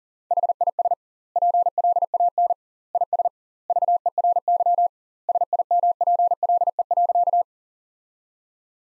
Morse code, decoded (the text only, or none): HIS PLAN IS VERY SIMPLE.